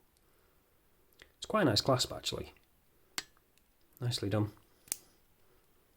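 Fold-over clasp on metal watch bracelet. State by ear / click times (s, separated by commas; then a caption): seated / 4.9 s. The fold-over clasp on the steel bracelet of a Corgeut Tudor Black Bay homage watch is snapped shut, with someone talking before and after. A sharp tick at about 3.2 s precedes the clasp's crisp click at 4.9 s. The clasp seats securely and does not move around.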